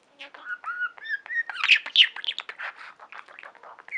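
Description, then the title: Budgerigar chatter, a steady stream of quick chirps, clicks and short whistles, loudest midway. "Budgie Sounds"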